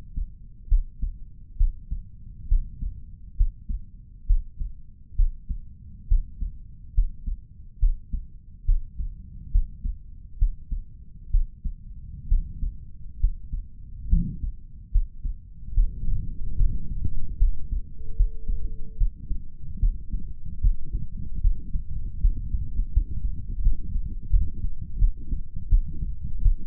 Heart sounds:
heart sounds by stethoscope; 72 bpm
0.68 s: heartbeat
1.57 s: heartbeat
2.48 s: heartbeat
3.36 s: heartbeat
4.26 s: heartbeat
5.15 s: heartbeat
6.08 s: heartbeat
6.94 s: heartbeat
7.79 s: heartbeat
8.65 s: heartbeat
9.51 s: heartbeat
10.38 s: heartbeat
11.30 s: heartbeat
12.28 s: heartbeat
13.20 s: heartbeat
14.09 s: heartbeat
14.91 s: heartbeat
15.74 s: heartbeat
16.56 s: heartbeat
17.38 s: heartbeat
18.16 s: heartbeat
18.97 s: heartbeat
19.79 s: heartbeat
20.61 s: heartbeat
21.41 s: heartbeat
22.21 s: heartbeat
22.92 s: heartbeat
23.62 s: heartbeat
24.30 s: heartbeat
24.98 s: heartbeat
25.69 s: heartbeat
26.42 s: heartbeat
From the record:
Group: healthy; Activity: rest 0-20 s, light exercise 20-27 s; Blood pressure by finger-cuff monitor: 118/74 mmHg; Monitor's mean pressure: 91 mmHg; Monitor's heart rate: 70 bpm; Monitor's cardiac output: 5.4 L/min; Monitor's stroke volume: 78 mL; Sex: male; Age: 35 years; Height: 178 cm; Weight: 64 kg

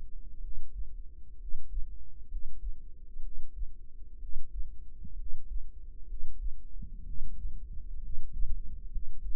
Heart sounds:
heart sounds by microphone in the right ear; 64 bpm
0.38 s: heartbeat
1.35 s: heartbeat
2.25 s: heartbeat
3.19 s: heartbeat
4.16 s: heartbeat
5.13 s: heartbeat
6.04 s: heartbeat
7.01 s: heartbeat
7.98 s: heartbeat
8.87 s: heartbeat
From the record:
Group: healthy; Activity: rest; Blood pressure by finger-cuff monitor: 112/70 mmHg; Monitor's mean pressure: 82 mmHg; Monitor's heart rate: 65 bpm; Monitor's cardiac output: 5.3 L/min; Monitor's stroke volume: 82 mL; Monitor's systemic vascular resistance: 1130 dyn s/cm5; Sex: female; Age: 22 years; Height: 171 cm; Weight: 65.6 kg

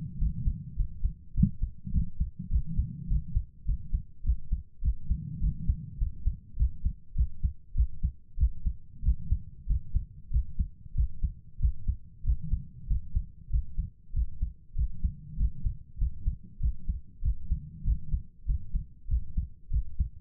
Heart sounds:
heart sounds by stethoscope; 98 bpm
0.17 s: heartbeat
0.75 s: heartbeat
1.33 s: heartbeat
1.91 s: heartbeat
2.48 s: heartbeat
3.06 s: heartbeat
3.64 s: heartbeat
4.22 s: heartbeat
4.80 s: heartbeat
5.39 s: heartbeat
5.97 s: heartbeat
6.55 s: heartbeat
7.14 s: heartbeat
7.73 s: heartbeat
8.36 s: heartbeat
9.01 s: heartbeat
9.65 s: heartbeat
10.29 s: heartbeat
10.93 s: heartbeat
11.58 s: heartbeat
12.22 s: heartbeat
12.86 s: heartbeat
13.49 s: heartbeat
14.12 s: heartbeat
14.74 s: heartbeat
15.35 s: heartbeat
15.97 s: heartbeat
16.58 s: heartbeat
17.21 s: heartbeat
17.83 s: heartbeat
18.45 s: heartbeat
19.07 s: heartbeat
19.69 s: heartbeat
From the record:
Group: healthy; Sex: female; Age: 32 years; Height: 172 cm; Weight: 71.7 kg

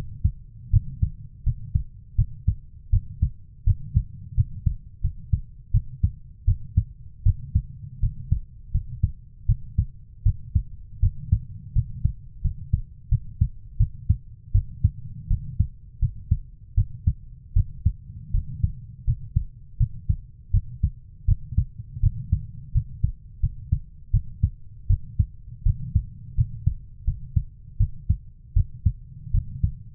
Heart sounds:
heart sounds by stethoscope; 82 bpm
0.70 s: heartbeat
1.43 s: heartbeat
2.16 s: heartbeat
2.90 s: heartbeat
3.64 s: heartbeat
4.35 s: heartbeat
5.01 s: heartbeat
5.71 s: heartbeat
6.45 s: heartbeat
7.23 s: heartbeat
8.00 s: heartbeat
8.71 s: heartbeat
9.46 s: heartbeat
10.23 s: heartbeat
11.00 s: heartbeat
11.73 s: heartbeat
12.41 s: heartbeat
13.09 s: heartbeat
13.77 s: heartbeat
14.52 s: heartbeat
15.28 s: heartbeat
15.99 s: heartbeat
16.75 s: heartbeat
17.53 s: heartbeat
18.31 s: heartbeat
19.05 s: heartbeat
19.77 s: heartbeat
20.51 s: heartbeat
21.25 s: heartbeat
22.00 s: heartbeat
22.72 s: heartbeat
23.40 s: heartbeat
24.11 s: heartbeat
24.87 s: heartbeat
25.63 s: heartbeat
26.35 s: heartbeat
27.05 s: heartbeat
27.77 s: heartbeat
28.54 s: heartbeat
29.31 s: heartbeat
From the record:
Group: healthy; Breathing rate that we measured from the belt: 17 breaths a minute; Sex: female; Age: 24 years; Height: 163 cm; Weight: 55.7 kg

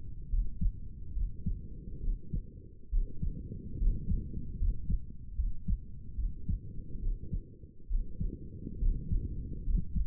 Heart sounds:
heart sounds by stethoscope; 71 bpm
0.30 s: heartbeat
1.14 s: heartbeat
2.01 s: heartbeat
2.91 s: heartbeat
3.78 s: heartbeat
4.59 s: heartbeat
5.36 s: heartbeat
6.16 s: heartbeat
7.00 s: heartbeat
7.88 s: heartbeat
8.79 s: heartbeat
9.64 s: heartbeat
From the record:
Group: healthy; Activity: rest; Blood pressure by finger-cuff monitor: 111/71 mmHg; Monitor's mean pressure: 81 mmHg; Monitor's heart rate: 71 bpm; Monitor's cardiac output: 6.2 L/min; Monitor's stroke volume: 87 mL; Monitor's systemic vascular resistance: 960 dyn s/cm5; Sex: male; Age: 35 years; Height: 180 cm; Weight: 86.9 kg

